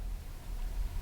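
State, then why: Not seated. The metal safety lever on a bolt-action hunting rifle is pushed normally, without a thumb held on it, to show that its click is a loud metallic sound foreign in the forest that would alert deer. Only low, steady background noise with a faint rustle is heard, with no sharp transient. The lever is being handled, and nothing has clicked or seated into position yet.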